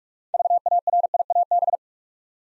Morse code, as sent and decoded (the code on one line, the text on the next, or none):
...- .- .-. .. .- -...
VARIAB